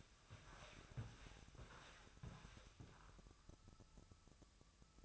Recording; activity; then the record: daily activity, microphone in the room; walk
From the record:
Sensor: 2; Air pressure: 1000.4 hPa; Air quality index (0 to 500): 162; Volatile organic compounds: 3 ppm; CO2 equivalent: 1357 ppm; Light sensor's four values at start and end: 14/38/15/17 and 14/35/14/16